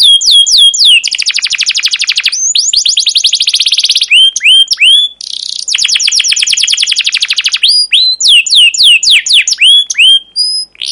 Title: CUIT CUIT NGEROL LANGSUNG GACOR PANJANG Kenari Ini AMPUH Utk Pancingan KENAR. PANCINGAN Kenari GACOR PANJANG Cuit CUIT EMOSI ini AMPUH utk MASTERAN Kenari PAUD belajar BUNYI